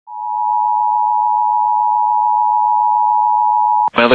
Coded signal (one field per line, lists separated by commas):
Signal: Emergency Alert System (SAME) tones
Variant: 853 and 960 Hz attention tone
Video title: EAS 116 - La Paz County, AZ SVR